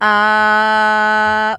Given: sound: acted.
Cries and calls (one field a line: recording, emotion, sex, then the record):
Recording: nonverbal affect burst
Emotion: neutral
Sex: female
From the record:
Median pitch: 214 Hz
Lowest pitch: 193 Hz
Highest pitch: 222 Hz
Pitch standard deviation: 3 Hz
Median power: 81.0 dB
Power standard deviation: 5.8 dB